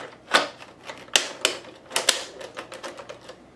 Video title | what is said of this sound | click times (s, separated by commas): [REVIEW] Nerf Elite Mega Centurion Review & Firing Test | once that's locked in it doesn't flip | 1.2 s, 1.4 s